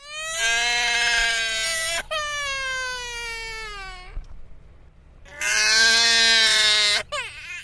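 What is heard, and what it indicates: Three loud, high-pitched wailing cries from a baby, each lasting about one and a half to two seconds, with a brief gasp between the first two and a pause before the third, then a short final cry. The voice is strained and piercing, with a falling pitch at the end of the longer second cry. Typical infant crying.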